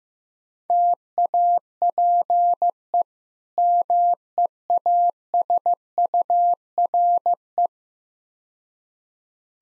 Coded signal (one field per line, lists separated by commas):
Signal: Morse code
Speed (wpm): 15 wpm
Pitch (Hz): 700 Hz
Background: none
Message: TAPE MEASURE